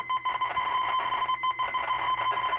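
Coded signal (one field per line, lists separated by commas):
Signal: ZX Spectrum tape loading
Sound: harsh buzzing, chopped tones with rough noisy bursts, like cassette data loading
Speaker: oh I don't hear tones oh there we go it was delayed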